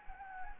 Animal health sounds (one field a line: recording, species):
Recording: mosquito wingbeat signal from an infrared sensor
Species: Anopheles gambiae